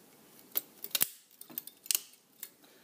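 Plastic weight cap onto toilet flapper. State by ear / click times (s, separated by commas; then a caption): seated / 0.9 s, 1.0 s, 1.6 s, 1.9 s. A plastic weight cap, with the toilet flapper chain slid through it, is lined up with the grooves on the flapper and pressed on. Sharp plastic snaps are heard at about 1.0 s (two in quick succession), 1.6 s and 1.9 s among lighter ticks. The cap snaps into place all around the flapper.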